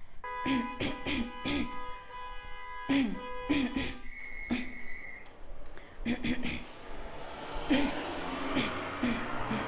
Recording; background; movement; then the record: throat clearing; traffic; walking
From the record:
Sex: female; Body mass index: 22.6 kg/m2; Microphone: on the chest, facing outward